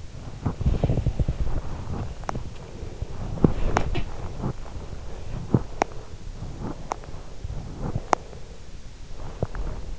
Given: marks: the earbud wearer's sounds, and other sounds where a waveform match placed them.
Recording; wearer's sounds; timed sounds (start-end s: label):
sounds in sleep by an in-ear microphone; body movement, breath
0.00-9.99 s: body movement
7.58-9.89 s: breath